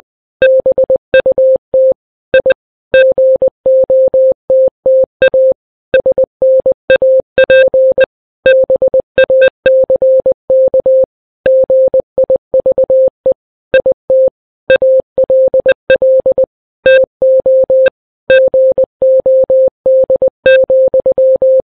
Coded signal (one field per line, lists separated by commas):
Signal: Morse code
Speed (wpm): 20 wpm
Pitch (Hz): 520 Hz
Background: none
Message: BUT I GOTTA SNAP BACK GIVE IT ALL TO GOD,